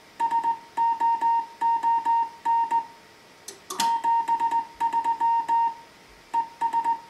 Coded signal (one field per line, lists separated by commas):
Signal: Morse code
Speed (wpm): 18 wpm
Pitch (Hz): 920 Hz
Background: music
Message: SOON 73 ES